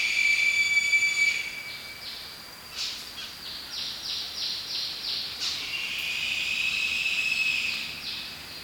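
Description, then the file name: Lesser sooty owl: drawn-out high whistles at the start and end, with a run of fast, evenly spaced downward-sweeping chirps between them. "Lesser Sooty Owl Tyto multipunctata"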